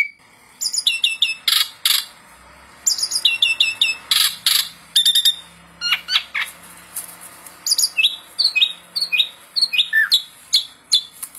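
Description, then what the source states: Asian pied starling song, bursts of repeated clicks and sharp chips followed by a string of downslurred whistles, some ending in a lower squeaky note. Masteran song-tutoring audio of Jalak Suren, meant to stimulate songbirds that sing too little and are listless.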